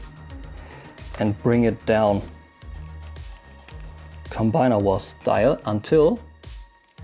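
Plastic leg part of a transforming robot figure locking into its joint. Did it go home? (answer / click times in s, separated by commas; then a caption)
no / none. Someone talks over background music while handling the plastic leg part of an Iron Factory IF EX-36 The Tyrant transforming robot figure, turning it down toward its joint. Faint handling ticks and rustles come between the words. Nothing has seated or clicked into place yet.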